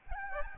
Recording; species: mosquito wingbeat signal from an infrared sensor; Aedes albopictus